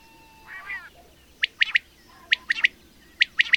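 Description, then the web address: Bird song: a lower nasal call, then three clusters of high, sharp chirps about a second apart. "madarak enek"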